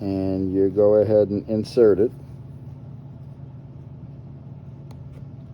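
A plastic steamer attachment is lined up, prongs to grooves, and inserted onto the nozzle of a Dyna-Living 1500W steam cleaner with a 1.5L water tank. Someone talks for the first two seconds, then only a low, steady hum remains, with one faint tick near 4.9 seconds. Nothing has seated or clicked yet; the attachment is still not home when the clip ends.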